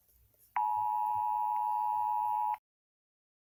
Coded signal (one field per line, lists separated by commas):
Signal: Emergency Alert System (SAME) tones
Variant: 853 and 960 Hz attention tone